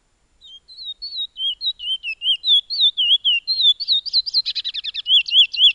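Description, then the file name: Piolet bird song, a fast, continuous chatter of high, wavering whistled notes, breaking into a burst of dry, rattling trills near the end. "suara burung piolet omkicau"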